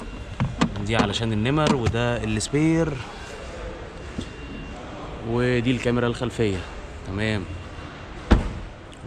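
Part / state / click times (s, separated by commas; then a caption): trunk lid latching into car body / seated / 8.3 s. Someone talks while showing the cargo space, spare wheel and rear camera of a BMW Z4, then closes the rear trunk lid. The metal lid slams and latches shut into the car body with a sharp thud at 8.3 seconds, and the closing sound is judged very nice.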